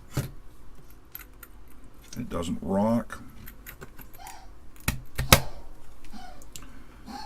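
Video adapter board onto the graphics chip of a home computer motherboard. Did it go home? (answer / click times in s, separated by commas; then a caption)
yes / 4.9 s, 5.3 s. An Indivision AGA MK2cr video adapter board is pressed down over the graphics chip on an Amiga 1200 motherboard while someone talks. Sharp clicks ring out at 4.9 s and 5.3 s as the board clicks down with a positive latch, seating firmly.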